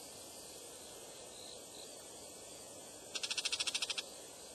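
Bull-headed shrike chattering call, a single quick burst of about a dozen harsh, evenly pulsed high notes near the end, over steady faint hiss.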